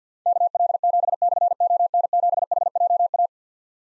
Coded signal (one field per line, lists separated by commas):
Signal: Morse code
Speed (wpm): 51 wpm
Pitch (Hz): 700 Hz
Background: none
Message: KL7/ON7HJA